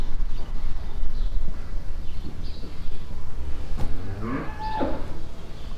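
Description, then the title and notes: Cow mooing once near the end, a short harmonic low moo, over heavy low rumbling and shuffling noise. Cows mooing and moving inside a large cow shed at a farm in Dorscheid. "dorscheid, barn yard, cow shed. At a big cow shed. The sound of spraying water, radio music, birds and the cows mooing and moving inside the shed"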